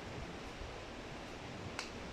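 On the second try, a plastic solar cable connector is pushed home into its mating connector over steady broadband background noise, and a short sharp click sounds at 1.8 s. The connector is seated.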